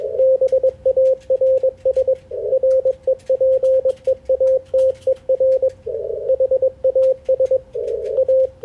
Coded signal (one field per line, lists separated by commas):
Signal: Morse code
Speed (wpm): 21 wpm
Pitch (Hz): 530 Hz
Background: radio noise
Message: BARS REPEATER HAS A